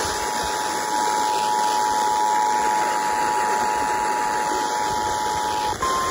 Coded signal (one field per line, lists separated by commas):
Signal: Emergency Alert System (SAME) tones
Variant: 853 and 960 Hz attention tone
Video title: EAS #489 PDS Severe Thunderstorm Warning